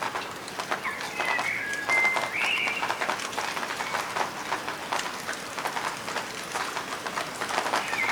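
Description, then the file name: Common blackbird singing a brief fluted, warbling phrase early on, over constant crackling background noise. "Turdus merula"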